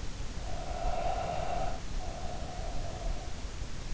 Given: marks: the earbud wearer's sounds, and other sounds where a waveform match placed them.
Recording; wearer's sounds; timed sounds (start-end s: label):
sounds in sleep by an in-ear microphone; breath
0.40-3.87 s: breath